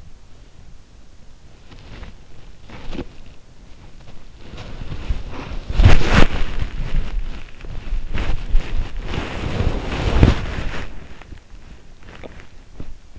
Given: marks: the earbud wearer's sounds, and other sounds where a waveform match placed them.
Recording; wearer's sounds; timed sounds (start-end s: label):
sounds in sleep by an in-ear microphone; body movement, teeth grinding
0.00-13.19 s: body movement
12.17-12.93 s: teeth grinding